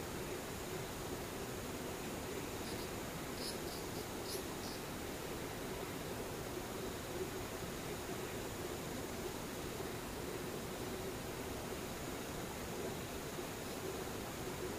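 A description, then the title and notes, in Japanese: A near-silent scene with distant insects: a steady, even hiss fills the whole clip, with a faint low hum and a thin high whine held throughout. Brief, soft high chirps surface around the fourth second and again near the end. 無音 遠くにムシ。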